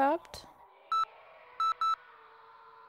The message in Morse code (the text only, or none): none